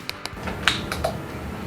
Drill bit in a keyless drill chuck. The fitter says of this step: I turn it it gets tighter and tighter until it clicks once